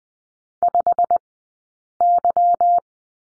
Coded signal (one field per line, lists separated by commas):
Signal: Morse code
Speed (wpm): 20 wpm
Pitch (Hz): 700 Hz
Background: none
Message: 5Y